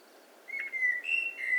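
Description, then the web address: Eurasian blackbird giving a brief run of clear whistled notes, three short whistles close together, over faint background hiss. "SETE data Turdus merula"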